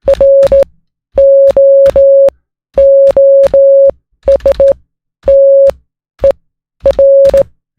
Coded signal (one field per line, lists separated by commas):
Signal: Morse code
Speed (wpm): 17 wpm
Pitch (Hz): 550 Hz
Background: music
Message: ROOSTER